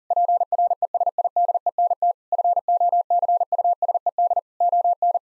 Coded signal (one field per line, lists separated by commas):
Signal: Morse code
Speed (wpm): 40 wpm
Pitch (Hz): 700 Hz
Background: none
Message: PRESIDENT FOCUSED ON